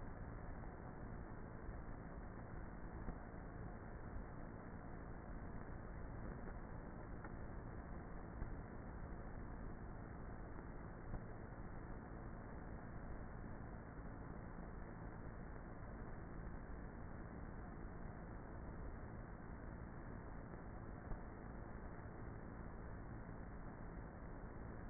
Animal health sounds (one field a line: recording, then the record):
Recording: honeybee colony, microphone inside the hive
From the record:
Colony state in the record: queenless with a low population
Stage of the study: before two queens were removed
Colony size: about 30,000 bees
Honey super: no